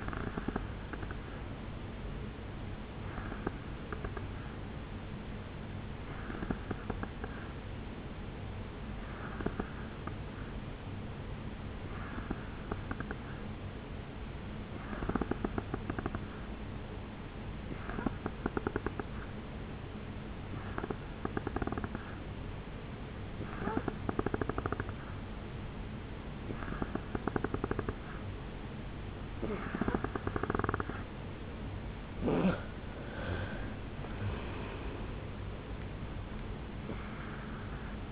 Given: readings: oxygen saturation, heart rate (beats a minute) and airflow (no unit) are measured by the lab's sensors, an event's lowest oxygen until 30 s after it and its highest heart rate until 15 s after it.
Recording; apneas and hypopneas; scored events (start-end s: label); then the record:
breathing in sleep by a voice recorder at the bedside; 1
3.00-27.60 s: hypopnea (N2, oxygen 91% highest, then 87% lowest, heart rate 70 at the start, 76 highest)
5.00-35.00 s: new sleep stage, N3 (deep sleep)
35.00-38.12 s: new sleep stage, N2 (light sleep)
From the record:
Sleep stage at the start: N2 (light sleep); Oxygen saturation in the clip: 88 to 91%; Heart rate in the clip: 69 to 76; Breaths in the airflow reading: 12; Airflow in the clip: -10.9 to 5.3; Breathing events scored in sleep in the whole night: 449 in 7.0 hours asleep